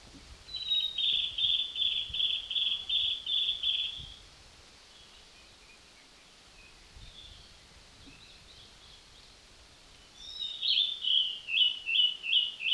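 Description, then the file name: Zappey's flycatcher singing two bouts, each a quick series of repeated clear whistled notes at an even pace, separated by a few seconds of near silence. Song at Lingshan on 7 June 2020 at 05:41. "2020-06-07-0541-Zappeys-Flycatcher-song-Lingshan"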